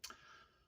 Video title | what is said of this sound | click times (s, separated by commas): Metal Cardbot Black Hook review | so now it's all clicked into place it's nice and flush | 0.0 s